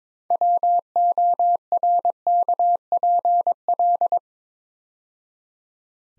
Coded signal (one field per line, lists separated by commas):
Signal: Morse code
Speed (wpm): 22 wpm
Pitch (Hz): 700 Hz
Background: none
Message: WORKPL